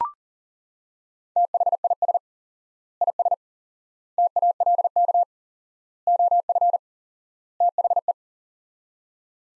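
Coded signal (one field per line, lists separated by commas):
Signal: Morse code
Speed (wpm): 40 wpm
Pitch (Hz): 700 Hz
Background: none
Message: THIS IS TALK OF THE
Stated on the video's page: Head-copy drill of five-word sets at 40 wpm with 4x word spacing, similar to Farnsworth; the words are sent, spoken, then sent again.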